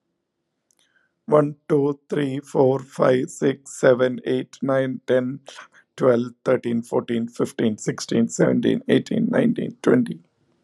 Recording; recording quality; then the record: counting at a fast pace; excellent, no background noise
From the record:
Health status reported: healthy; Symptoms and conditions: breathing difficulty, diabetes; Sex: male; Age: 52 years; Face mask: not worn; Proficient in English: yes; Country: India